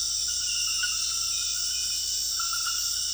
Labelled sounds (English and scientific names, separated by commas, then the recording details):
none
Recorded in secondary vegetation near Puerto Asís, Putumayo, Colombia, on 20 February 2024 at 01:30
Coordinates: 0.481, -76.323
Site G6376